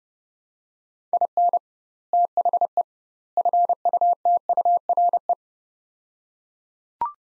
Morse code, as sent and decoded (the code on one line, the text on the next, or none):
.. -. / - .... . / ..-. ..- - ..- .-. .
IN THE FUTURE